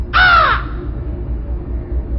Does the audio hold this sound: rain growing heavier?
no